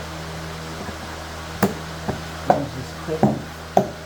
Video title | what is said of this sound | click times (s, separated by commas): 💥 Sludge Killed This Elantra?! What I Found Under the Valve Cover | Just click right into place. | 1.6 s, 2.5 s, 3.2 s, 3.8 s